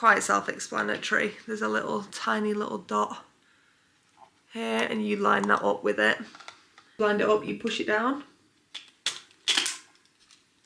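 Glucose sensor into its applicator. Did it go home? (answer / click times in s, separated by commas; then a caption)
yes / 9.1 s, 9.6 s. Someone talks while lining up the tiny dot on a plastic Sibionics CGM glucose sensor with its applicator and pushing the applicator down onto the sensor. Loud, sharp clicks ring out at 9.1 s and 9.6 s as the sensor seats into the applicator.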